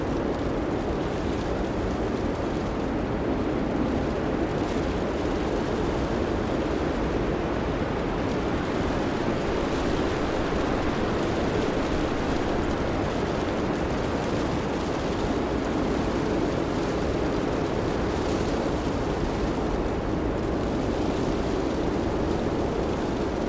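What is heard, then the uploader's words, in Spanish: A car heater blows a steady rush of warm air inside a closed car while a snowstorm goes on outside. The sound is dense and unchanging for the whole stretch, deep and muffled with a rumbling low end and little brightness, without distinct events. Tormenta de Nieve | Ruido Blanco Natural en el Capullo del Coche. Con la calefacción del coche circulando un reconfortante y constante flujo de calor. Mientras el viento aúlla afuera y la nieve golpea el exterior.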